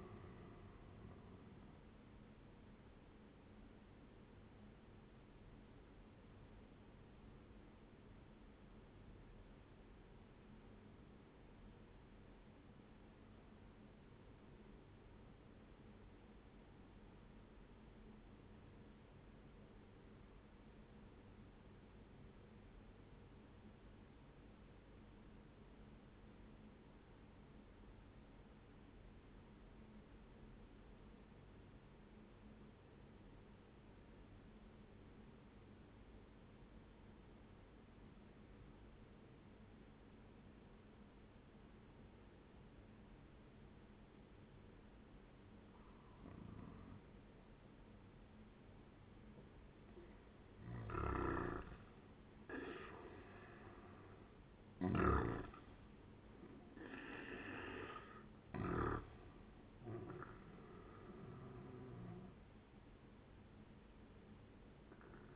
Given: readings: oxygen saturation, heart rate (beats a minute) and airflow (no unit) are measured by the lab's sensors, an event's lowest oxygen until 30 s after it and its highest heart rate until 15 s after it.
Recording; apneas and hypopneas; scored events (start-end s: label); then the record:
breathing in sleep by a voice recorder at the bedside; 1
7.00-49.80 s: obstructive apnea (N1, oxygen 98% highest, then 90% lowest, heart rate 65 at the start, 76 highest)
21.00-51.00 s: new sleep stage, N2 (light sleep)
51.00-65.36 s: new sleep stage, N1 (lightest sleep)
From the record:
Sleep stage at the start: N1 (lightest sleep); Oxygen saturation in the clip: 90 to 98%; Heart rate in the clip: 58 to 80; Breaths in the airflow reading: 4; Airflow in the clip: -10.2 to 13.1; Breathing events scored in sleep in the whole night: 131 in 7.2 hours asleep